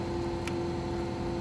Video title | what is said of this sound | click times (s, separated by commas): ShinePay ALCD6-29 Installation on Speed Queen | And I'll snap into place, make sure it's secure. | 0.5 s